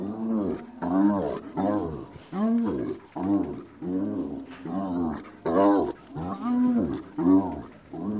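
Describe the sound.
Hyena calling with a quick series of low, harmonic, arching notes, uneven in rhythm.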